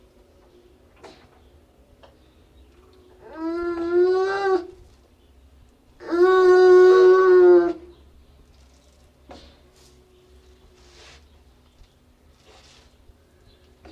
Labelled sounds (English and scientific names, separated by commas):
Baikal Seal (Pusa sibirica) call